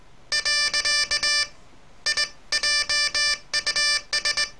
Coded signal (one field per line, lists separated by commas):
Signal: Morse code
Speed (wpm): 19 wpm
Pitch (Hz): 1750 Hz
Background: none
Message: . I JUS